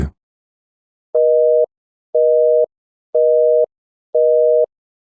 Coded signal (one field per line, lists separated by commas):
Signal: telephone call progress tone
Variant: North America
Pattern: busy tone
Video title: EAS scenario: alligator attacks